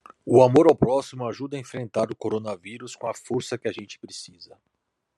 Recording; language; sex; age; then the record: spoken sentence; Brazilian Portuguese; male; 50 to 59 years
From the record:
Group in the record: control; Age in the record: 51 years